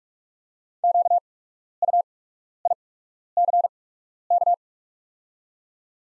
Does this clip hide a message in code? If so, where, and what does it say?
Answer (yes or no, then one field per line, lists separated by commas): yes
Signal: Morse code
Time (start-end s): 0.8-4.5 s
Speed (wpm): 48 wpm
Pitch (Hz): 700 Hz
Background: none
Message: QUICK